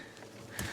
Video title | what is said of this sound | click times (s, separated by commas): WRX Rear LED Lighting Upgrades | Again, just pops right out. | 0.6 s